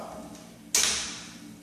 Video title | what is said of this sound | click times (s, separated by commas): GM Fuel Pump Level Sensor Diagnosis & Testing | and as you can see you hear it snap into place | 0.8 s